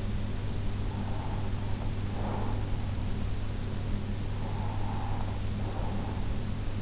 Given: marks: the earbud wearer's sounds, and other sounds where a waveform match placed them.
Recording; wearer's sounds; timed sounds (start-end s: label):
sounds in sleep by an in-ear microphone; breath
1.04-2.87 s: breath
4.07-6.55 s: breath